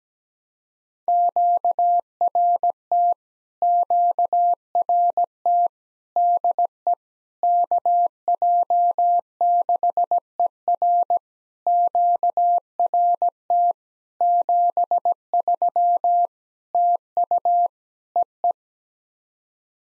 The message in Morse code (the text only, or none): QRT QRT DE KJ6ER QRT 73 TU EE